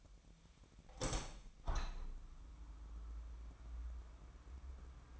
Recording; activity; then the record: daily activity, microphone in the room; open window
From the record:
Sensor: 1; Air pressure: 998.5 hPa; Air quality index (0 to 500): 127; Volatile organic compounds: 3 ppm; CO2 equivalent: 1523 ppm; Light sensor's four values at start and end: 8/19/8/9 and 8/20/8/10